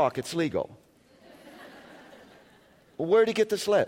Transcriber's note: laughter